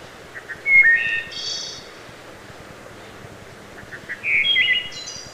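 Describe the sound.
Wood thrush song: two fluting phrases about three seconds apart, each opening with soft low notes and rising into clear, ringing whistles with a high buzzy trill, over faint low rumble.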